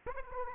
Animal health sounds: mosquito wingbeat signal from an infrared sensor; Aedes aegypti

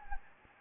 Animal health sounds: mosquito wingbeat signal from an infrared sensor; Anopheles gambiae

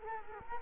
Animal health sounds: mosquito wingbeat signal from an infrared sensor; Culex quinquefasciatus

